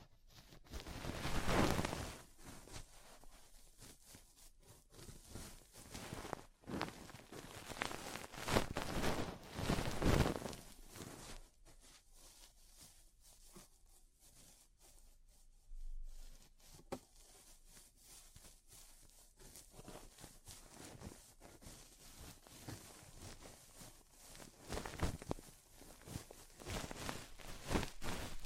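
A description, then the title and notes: Ear cleaning sounds: scratchy, crackling rubs and taps, with loud bursts near the start, around 6 and 10 seconds, and again near 25 seconds. A quieter stretch of faint, sparse rustling fills the middle. ASMR Deep Ear Cleaning Session. (No Talking).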